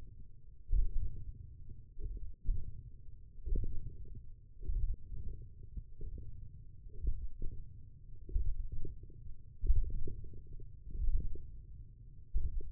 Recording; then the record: forearm muscle sounds (acoustic myography)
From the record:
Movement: ulnar deviation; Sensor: system 1, eight BSWA MPA416 microphones around the upper forearm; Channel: 4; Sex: male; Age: 20 years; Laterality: left